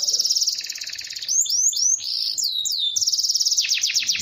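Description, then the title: Bird song: a fast buzzy trill, then a series of sharp downward-sweeping whistles, ending in another rapid pulsing trill. Described as the most complete 'masteran' bird sound compilation. "Masteran burung terlengkap"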